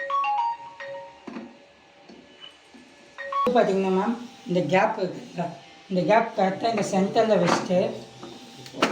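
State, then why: Seated. A Kuvings juicer cap is centred on the juicer's centre fitting and pressed down until it locks into place. Someone talks over background music, and then two short, sharp clicks come at 8.7 and 8.8 seconds as the cap seats.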